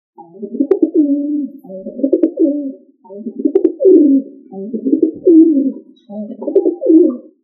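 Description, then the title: Pigeon or dove cooing: five low, rolling, throaty coo phrases in close succession. "Familia Columbidae Pomba"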